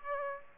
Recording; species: mosquito wingbeat signal from an infrared sensor; Aedes aegypti